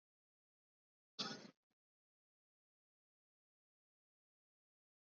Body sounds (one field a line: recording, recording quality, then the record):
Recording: deep breathing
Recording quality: poor, much background noise or distortion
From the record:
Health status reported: recovered from COVID-19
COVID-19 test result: negative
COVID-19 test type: RT-PCR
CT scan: not taken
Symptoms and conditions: cough, fever, fatigue, muscle pain, asthma, hypertension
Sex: male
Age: 40 years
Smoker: yes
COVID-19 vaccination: both doses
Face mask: worn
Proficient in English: yes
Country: India